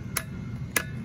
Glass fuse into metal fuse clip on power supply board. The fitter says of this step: or put a fuse in you should be able to hear it sort of snap in place